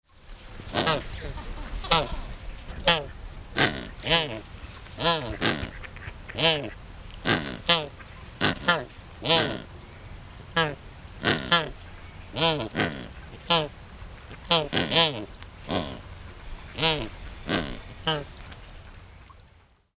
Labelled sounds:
Coscoroba Swan (Coscoroba coscoroba)

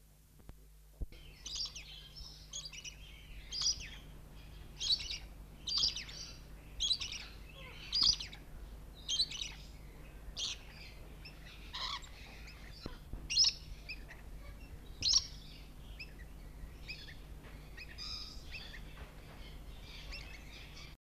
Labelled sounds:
Sunset Lorikeet (Trichoglossus forsteni) call

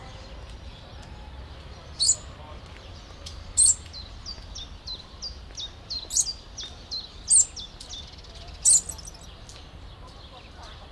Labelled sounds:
Papuan Lorikeet (Charmosyna papou) call

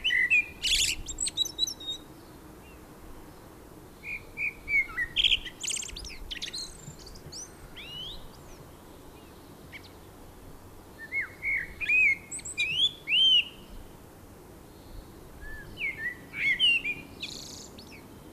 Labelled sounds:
Common Blackbird (Turdus merula) song

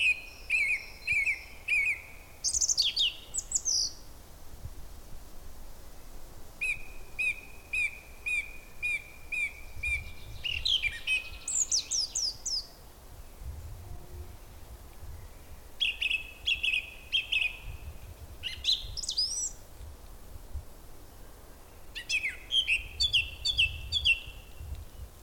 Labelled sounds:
Song Thrush (Turdus philomelos)

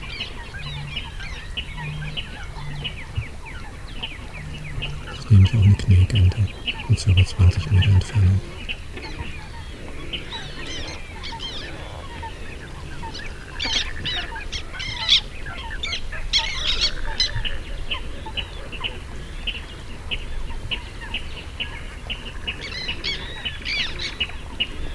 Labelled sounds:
Water Rail (Rallus aquaticus)

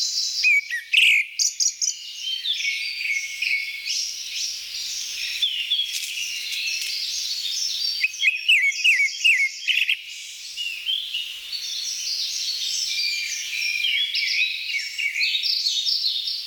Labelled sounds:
Grey-backed Thrush (Turdus hortulorum) song

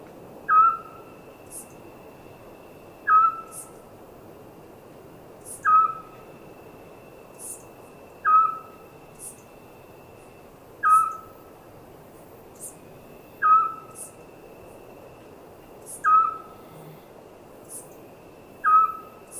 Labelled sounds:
Eurasian Scops Owl (Otus scops)

